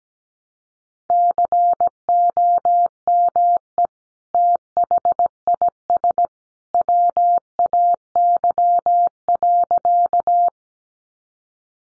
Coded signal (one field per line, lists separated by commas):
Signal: Morse code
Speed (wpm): 17 wpm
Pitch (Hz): 700 Hz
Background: none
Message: COME THIS WAY.